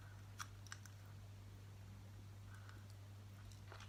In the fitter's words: you should hear a little click I've kicked him to place yeah